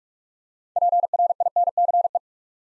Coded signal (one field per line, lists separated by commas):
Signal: Morse code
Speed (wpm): 44 wpm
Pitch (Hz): 700 Hz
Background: none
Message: PRINCE